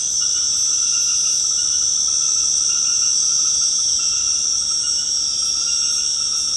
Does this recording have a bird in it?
no